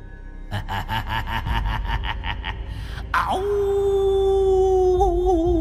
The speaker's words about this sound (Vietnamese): Thì ra là con chó tinh đã dung hợp lại hai phần hồn phách. Nó chiếm lấy tâm trí của tôi rồi gầm lên một tiếng.